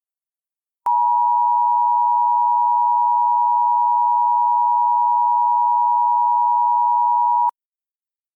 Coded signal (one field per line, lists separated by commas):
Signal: Emergency Alert System (SAME) tones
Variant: 853 and 960 Hz attention tone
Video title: EAS Required Monthly Test with a Template Screen in a VIZIO WATCHFREE+ on my VIZIO HD Mini TV